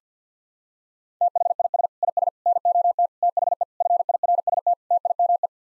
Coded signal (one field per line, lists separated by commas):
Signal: Morse code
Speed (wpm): 50 wpm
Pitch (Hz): 700 Hz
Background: none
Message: THIS IS NOT THE FIRST TIME